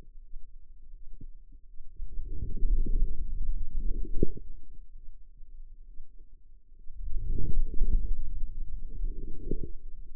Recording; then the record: forearm muscle sounds (acoustic myography)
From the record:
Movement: outward rotation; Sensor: system 2, bracelet of six BSWA MPA416 microphones around the upper forearm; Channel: 5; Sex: female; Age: 25 years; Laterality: right